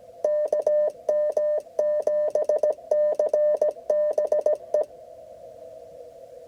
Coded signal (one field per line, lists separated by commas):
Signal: Morse code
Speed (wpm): 17 wpm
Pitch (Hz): 600 Hz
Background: none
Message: KM7CBE